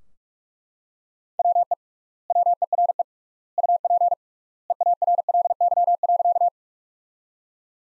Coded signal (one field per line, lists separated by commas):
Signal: Morse code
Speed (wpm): 42 wpm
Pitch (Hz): 700 Hz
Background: none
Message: WE WERE UP EARLY.